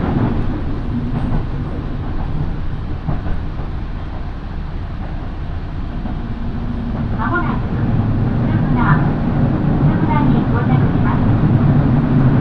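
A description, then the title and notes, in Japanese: Inside a local train in motion, a steady, dense low rumble of wheels and motor fills the whole stretch at an even level. From about seven seconds on, short higher squeals and chirps break through a few times, likely wheels on curving track. 身延線普通 芝川→身延。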